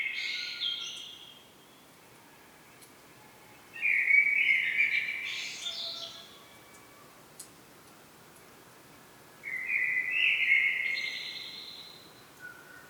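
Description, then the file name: Common blackbird song repeated in three phrases, each a mellow whistled warble ending in squeaky high notes, separated by pauses of several seconds. "Turdus merula"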